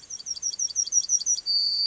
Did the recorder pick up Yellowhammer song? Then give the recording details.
yes. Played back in grassland. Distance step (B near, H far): C. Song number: 152